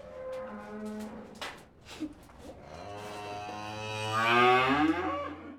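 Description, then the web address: Cow mooing: a few softer tones at first, then a long drawn-out moo that swells before fading. Cows in a stable. "best service Blue Box animals cows stable"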